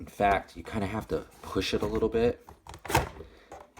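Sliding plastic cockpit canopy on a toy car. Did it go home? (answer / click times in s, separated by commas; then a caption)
released / 3.0 s. Someone talks while pushing the closed, flush-snapped sliding plastic cockpit canopy of a toy Batmobile, which is not easy to open. A sharp thunk at 3.0 s marks the canopy snapping open and releasing.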